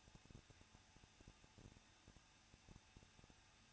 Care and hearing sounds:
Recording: daily activity, microphone in the room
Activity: no activity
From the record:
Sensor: 2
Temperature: 21.0 degrees Celsius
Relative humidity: 37.5%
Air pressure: 1006.2 hPa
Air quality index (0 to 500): 223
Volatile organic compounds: 25 ppm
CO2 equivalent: 2826 ppm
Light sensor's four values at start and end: 2/3/2/2 and 2/3/2/2

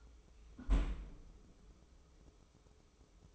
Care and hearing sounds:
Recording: daily activity, microphone in the room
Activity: close fridge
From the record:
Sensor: 1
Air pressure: 995.3 hPa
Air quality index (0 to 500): 24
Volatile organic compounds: 0 ppm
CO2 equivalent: 499 ppm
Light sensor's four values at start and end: 19/62/23/25 and 19/62/23/25

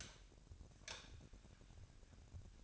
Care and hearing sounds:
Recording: daily activity, microphone in the room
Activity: light off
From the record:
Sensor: 2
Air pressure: 1011.8 hPa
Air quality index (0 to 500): 213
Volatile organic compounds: 3 ppm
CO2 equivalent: 1503 ppm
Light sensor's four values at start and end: 12/27/12/12 and 12/27/12/12

